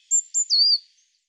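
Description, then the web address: Eurasian blue tit giving three thin, very high notes, the last a longer downslurred whistle, in one quick burst lasting under a second. "cianscape birddata Deverinetal 2025 File cleaned normalized Bird Cy Ca"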